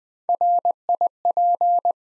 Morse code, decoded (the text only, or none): RIP